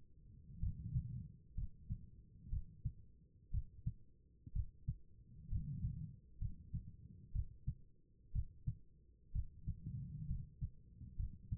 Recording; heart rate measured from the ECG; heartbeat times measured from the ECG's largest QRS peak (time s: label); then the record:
heart sounds by stethoscope; 62 bpm
0.59 s: heartbeat
1.54 s: heartbeat
2.49 s: heartbeat
3.51 s: heartbeat
4.52 s: heartbeat
5.48 s: heartbeat
6.38 s: heartbeat
7.32 s: heartbeat
8.32 s: heartbeat
9.32 s: heartbeat
10.27 s: heartbeat
11.16 s: heartbeat
From the record:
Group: healthy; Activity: rest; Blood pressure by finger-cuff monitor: 96/62 mmHg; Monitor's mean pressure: 72 mmHg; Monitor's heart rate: 60 bpm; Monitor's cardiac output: 4.7 L/min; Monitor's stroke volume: 76 mL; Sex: female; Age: 36 years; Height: 163 cm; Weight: 88 kg